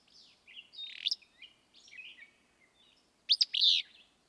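Willow flycatcher with a buzzy burst early, then a clear harsh, sneezing two-part phrase near the end, over scattered thin twittering.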